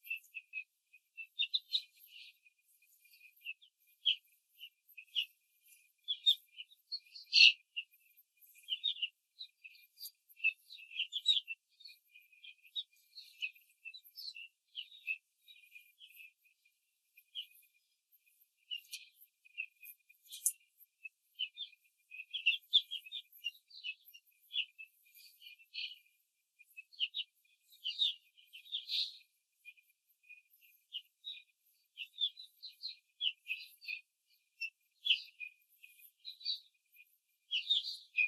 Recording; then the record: young laying hens in a cage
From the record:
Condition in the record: control cage, after the stress test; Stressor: none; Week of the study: 4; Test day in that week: 1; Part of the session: 3